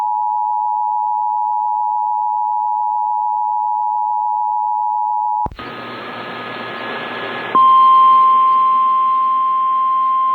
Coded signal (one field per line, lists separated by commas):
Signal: Emergency Alert System (SAME) tones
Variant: 853 and 960 Hz attention tone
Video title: Severe Thunderstorm Warning (Cherry and Sheridan Counties, NE) (8/13/25) [EAS #264]